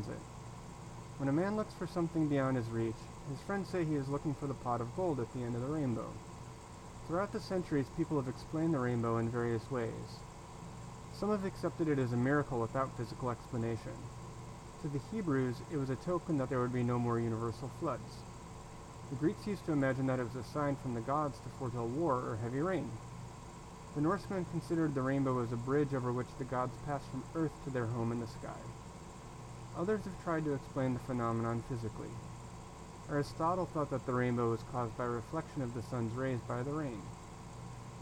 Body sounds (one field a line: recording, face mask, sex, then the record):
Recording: reading aloud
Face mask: surgical mask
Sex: male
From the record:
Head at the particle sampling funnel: turned sideways, cheek in front of it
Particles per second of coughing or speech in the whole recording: 0.365